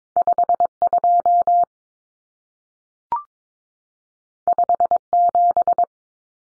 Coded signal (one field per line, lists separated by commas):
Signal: Morse code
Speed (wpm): 22 wpm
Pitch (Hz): 700 Hz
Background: none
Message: 52 57